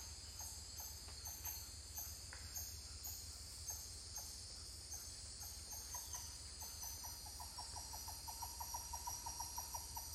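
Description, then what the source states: Titi monkey calls start sparse and faint, then speed into a rapid, accelerating series of short notes near the end, with continuous insect drone throughout. More than one titi monkey calling.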